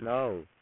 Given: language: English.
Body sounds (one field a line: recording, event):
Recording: throat vibration sensor signal played as sound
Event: speech